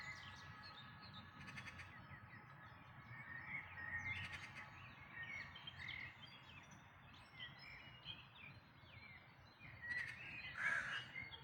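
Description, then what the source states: Birds singing together, with varied high chirps and twitters throughout and a few harsh cawing calls breaking through. Dawn chorus, May 2026.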